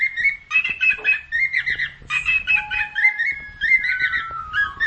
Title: Cendet Pentet